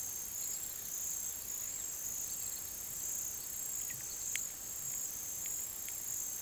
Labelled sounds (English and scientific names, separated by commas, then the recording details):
none
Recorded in pastures near Puerto Asís, Putumayo, Colombia, on 23 June 2025 at 17:00
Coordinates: 0.486, -76.323
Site H29